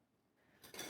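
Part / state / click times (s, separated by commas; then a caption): telescoping sections of an expandable baton locking into the extended position / seated / 0.7 s. A rubber-gripped expandable self-defense baton is flicked open, with a faint rising rush from about 0.6 s as it swings. A sharp, bright metallic clink comes at 0.7 s as its telescoping metal sections lock into the extended position. The baton is locked open.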